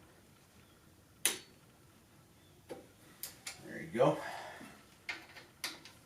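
A click-type torque wrench tightens a differential cover bolt on a 4th-generation F-body (Camaro/Firebird/Trans Am/Z28) to 22 foot-pounds, enough to hold the cover on and seat the gasket. The wrench gives one sharp click at 1.3 s, confirming it reached its setting, followed by a few softer ticks and knocks. Someone talks.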